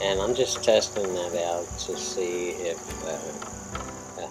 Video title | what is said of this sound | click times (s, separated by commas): Hood Latch Fix Ford, Lincoln, Mercury | hunch was right, but it turned out not to be right cuz the hook still would not close | none